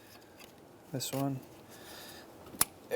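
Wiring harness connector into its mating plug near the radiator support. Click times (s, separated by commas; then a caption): 2.6 s. During a radiator reinstall on a 2007–2013 Mitsubishi Outlander, a second wiring harness connector is pushed back onto its mating plug near the radiator support while someone talks. A sharp click sounds at 2.6 s, and the connector is seated.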